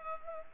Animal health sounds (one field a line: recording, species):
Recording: mosquito wingbeat signal from an infrared sensor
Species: Culex pipiens